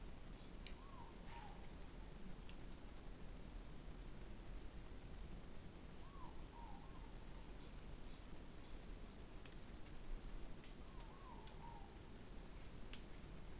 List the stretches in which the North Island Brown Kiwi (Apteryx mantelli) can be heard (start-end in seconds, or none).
none